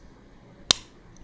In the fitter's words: that's satisfying snap ASMR there